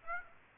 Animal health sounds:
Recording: mosquito wingbeat signal from an infrared sensor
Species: Aedes aegypti

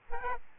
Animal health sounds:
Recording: mosquito wingbeat signal from an infrared sensor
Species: Aedes albopictus

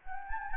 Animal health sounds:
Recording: mosquito wingbeat signal from an infrared sensor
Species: Anopheles gambiae

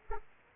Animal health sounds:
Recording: mosquito wingbeat signal from an infrared sensor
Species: Aedes aegypti

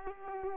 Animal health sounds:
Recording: mosquito wingbeat signal from an infrared sensor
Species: Culex pipiens

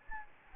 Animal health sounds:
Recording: mosquito wingbeat signal from an infrared sensor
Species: Anopheles gambiae

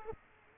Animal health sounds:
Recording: mosquito wingbeat signal from an infrared sensor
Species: Aedes aegypti

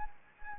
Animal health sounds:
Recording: mosquito wingbeat signal from an infrared sensor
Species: Anopheles gambiae

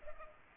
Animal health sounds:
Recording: mosquito wingbeat signal from an infrared sensor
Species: Culex pipiens

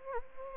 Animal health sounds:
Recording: mosquito wingbeat signal from an infrared sensor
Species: Anopheles gambiae

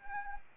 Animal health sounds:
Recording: mosquito wingbeat signal from an infrared sensor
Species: Anopheles arabiensis

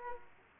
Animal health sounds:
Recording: mosquito wingbeat signal from an infrared sensor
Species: Aedes aegypti

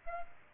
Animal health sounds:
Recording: mosquito wingbeat signal from an infrared sensor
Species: Aedes aegypti

